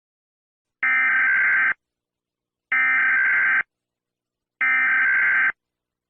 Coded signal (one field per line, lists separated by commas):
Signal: Emergency Alert System (SAME) tones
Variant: header bursts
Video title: ZVG6-24 (Zombie virus outbreak) EAS scenario | part 1